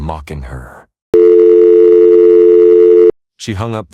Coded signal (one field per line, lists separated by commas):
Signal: telephone call progress tone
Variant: North America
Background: speech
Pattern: dial tone